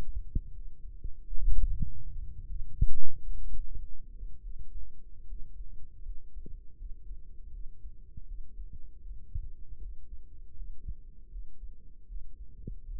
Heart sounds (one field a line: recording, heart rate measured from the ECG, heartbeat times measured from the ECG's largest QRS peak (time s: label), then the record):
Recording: heart sounds by microphone in the right ear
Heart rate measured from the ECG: 73 bpm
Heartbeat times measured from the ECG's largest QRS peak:
0.52 s: heartbeat
1.46 s: heartbeat
2.45 s: heartbeat
3.45 s: heartbeat
4.40 s: heartbeat
5.25 s: heartbeat
6.01 s: heartbeat
6.76 s: heartbeat
7.50 s: heartbeat
8.25 s: heartbeat
9.01 s: heartbeat
9.78 s: heartbeat
10.54 s: heartbeat
11.29 s: heartbeat
12.06 s: heartbeat
12.84 s: heartbeat
From the record:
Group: healthy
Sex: male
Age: 35 years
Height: 178 cm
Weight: 64 kg